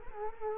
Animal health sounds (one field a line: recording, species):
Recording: mosquito wingbeat signal from an infrared sensor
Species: Culex quinquefasciatus